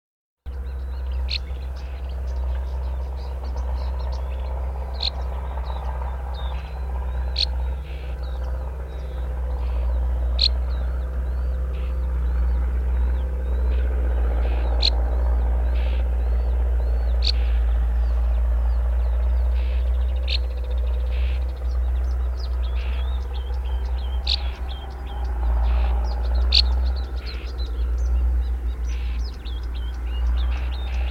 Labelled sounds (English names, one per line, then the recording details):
Common Whitethroat call
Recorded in the wild
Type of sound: call
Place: Techentin, Mecklenburg-Vorpommern, DE
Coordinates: 53.587, 11.989
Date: 1972-06-14 10:15
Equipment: Nagra III BH, Sennheiser MD 21, parabola
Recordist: Schubert, Michael
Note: Warnen Dorngrasmücke, starkes Feldtraktorengeräusch